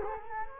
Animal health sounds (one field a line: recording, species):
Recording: mosquito wingbeat signal from an infrared sensor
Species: Culex quinquefasciatus